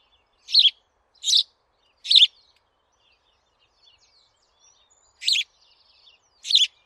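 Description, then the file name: House sparrow calls: three quick chirps, a pause with faint soft twitters, then two more chirps. "Passer domesticus"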